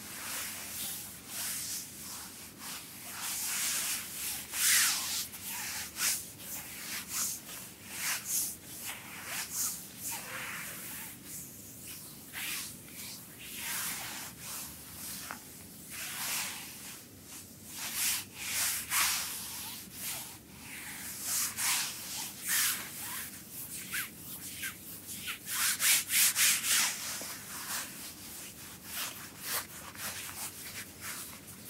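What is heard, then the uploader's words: Hands rub and massage with a gritty scrub, a continuous run of bright, scratchy strokes rising and falling irregularly, louder bursts near five and twenty-six seconds. Asmr front and hand massage. In this video you can see ASMR hand massage with scrub.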